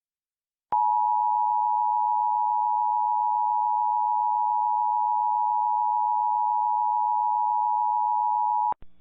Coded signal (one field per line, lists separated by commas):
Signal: Emergency Alert System (SAME) tones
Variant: 853 and 960 Hz attention tone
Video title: EAS #52-53: January 2023 West Virginia Required Monthly Test on WCHS AM & Comcast